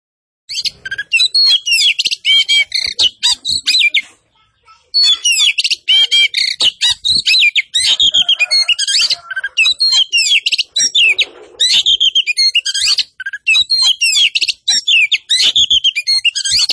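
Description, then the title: Oriental magpie-robin singing vigorously: varied loud whistles, sweeping notes and rapid chattering phrases in near-continuous bursts, brief pause around four seconds. Singing actively (gacor). "Kacer Poci Gacor"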